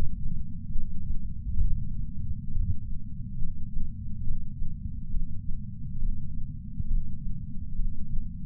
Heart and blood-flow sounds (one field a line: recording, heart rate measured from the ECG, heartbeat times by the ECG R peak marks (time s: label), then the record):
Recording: heart sounds by patch sensor on the chest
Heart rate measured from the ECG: 68 bpm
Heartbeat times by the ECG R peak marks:
0.73 s: heartbeat
1.62 s: heartbeat
2.53 s: heartbeat
3.39 s: heartbeat
4.25 s: heartbeat
5.11 s: heartbeat
6.00 s: heartbeat
6.88 s: heartbeat
7.76 s: heartbeat
From the record:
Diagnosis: coronary artery disease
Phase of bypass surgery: preoperative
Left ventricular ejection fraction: 50.2%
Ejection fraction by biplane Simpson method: 54%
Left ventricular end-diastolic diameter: 54 mm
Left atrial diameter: 42 mm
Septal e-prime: 4.1 cm/s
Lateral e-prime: 7.1 cm/s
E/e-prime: 7.2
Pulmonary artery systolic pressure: 19 mmHg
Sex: male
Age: 60 years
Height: 170 cm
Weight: 103 kg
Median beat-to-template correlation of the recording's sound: 0.82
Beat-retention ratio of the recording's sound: 0.99